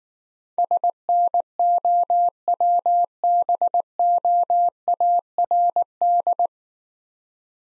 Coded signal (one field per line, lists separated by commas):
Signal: Morse code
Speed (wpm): 19 wpm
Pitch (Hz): 700 Hz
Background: none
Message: SNOWBOARD